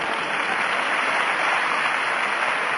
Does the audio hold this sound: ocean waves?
no